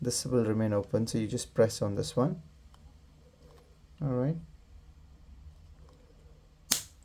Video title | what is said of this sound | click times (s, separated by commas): Audi A3 Key Fob Battery Replacement #Audi Key #Car Key #Audi A3 2014 | So the click sound means it's been fitted. | 6.7 s